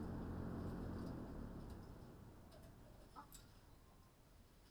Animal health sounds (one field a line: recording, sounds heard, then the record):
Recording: poultry house recording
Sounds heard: healthy chickens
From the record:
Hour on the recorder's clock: 20